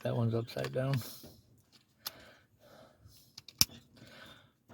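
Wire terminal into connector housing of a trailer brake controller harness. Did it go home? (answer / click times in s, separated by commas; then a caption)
yes / 3.6 s. On a 2015 Tundra trailer brake controller harness, someone talks while a wire terminal that was upside down is flipped and pushed into the new plastic connector housing. A few faint ticks lead up to one sharp, loud click at 3.6 s, as the terminal snaps into the housing and seats.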